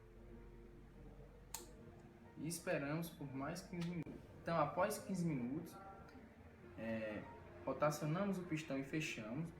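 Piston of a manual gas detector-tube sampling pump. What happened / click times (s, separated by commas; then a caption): The pump piston locked with a click / 1.6 s. On the second 100 ml suction, the piston of a manual gas detector-tube sampling pump is pulled slowly until it locks with a sharp click at 1.6 s. Someone then talks over a low steady hum, and the piston stays locked.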